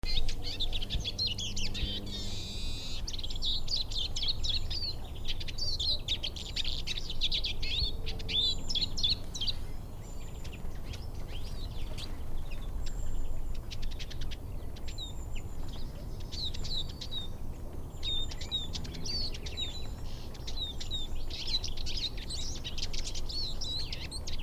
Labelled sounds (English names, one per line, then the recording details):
Eurasian Siskin song
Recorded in the wild
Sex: male
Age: adult
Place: Bernau bei Berlin, Forst Bernau, Brandenburg, DE
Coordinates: 52.6975, 13.5211
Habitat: wood
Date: 2007-02-18 16:23
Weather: fair, 7-8°C
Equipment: Sound Devices 702, Sennheiser MKH 70, Windkorb
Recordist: Frommolt, Karl-Heinz